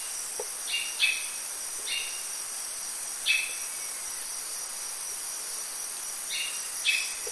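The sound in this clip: Bird producing a few short sweeping whistle notes, some paired, at uneven intervals, over a constant high-pitched background hum.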